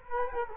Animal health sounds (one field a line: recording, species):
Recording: mosquito wingbeat signal from an infrared sensor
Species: Culex quinquefasciatus